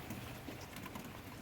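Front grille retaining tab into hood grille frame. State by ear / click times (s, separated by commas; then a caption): not seated / none. A front grille retaining tab on a Mercedes-Benz front hood grille is being handled as the new grille assembly is pressed toward the hood grille frame, with bird cooing and steady background noise throughout. Nothing has seated or clicked yet.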